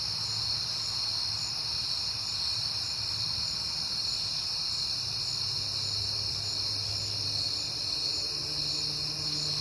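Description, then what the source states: Cricket chorus, steady and shrill, many insects trilling together without pause, with a soft low hum underneath. Crickets on a peaceful night in September, with passing cars.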